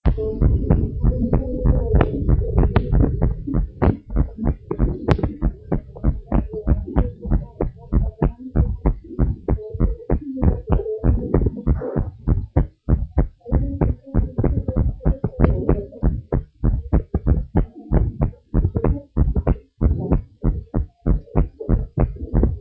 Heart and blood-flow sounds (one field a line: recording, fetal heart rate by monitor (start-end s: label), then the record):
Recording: heart sounds of a pregnant woman by stethoscope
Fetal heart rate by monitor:
no fetal heartbeat
From the record:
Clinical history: preeclampsia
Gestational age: 33 weeks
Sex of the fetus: boy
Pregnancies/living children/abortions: 1/0/0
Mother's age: 47 years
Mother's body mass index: 32.0